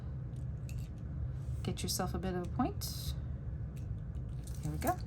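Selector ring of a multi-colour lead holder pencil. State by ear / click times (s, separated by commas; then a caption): seated / 0.7 s. The plastic selector ring of a Pentel Multi 8 multi-colour lead holder pencil is rotated so the silver line moves away and the newly inserted lead locks in, giving a short click at 0.7 s. Someone talks over a steady low background hum, and the ring is seated in its locked position.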